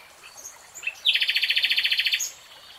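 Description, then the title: Nightingale song: a fast, rich rattling trill of many evenly repeated notes lasting roughly a second, preceded by soft chirps. Real-time recording. "[Tiếng chim hót] Nightingale Singing"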